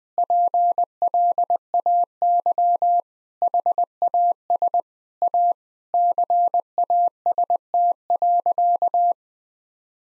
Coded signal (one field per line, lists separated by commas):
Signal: Morse code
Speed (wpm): 21 wpm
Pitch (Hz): 700 Hz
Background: none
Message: PLAY HAS A CAST.